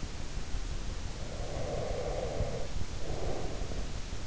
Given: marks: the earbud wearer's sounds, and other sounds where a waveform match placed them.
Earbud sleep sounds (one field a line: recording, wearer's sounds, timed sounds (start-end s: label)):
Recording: sounds in sleep by an in-ear microphone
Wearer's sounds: breath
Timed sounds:
1.03-4.12 s: breath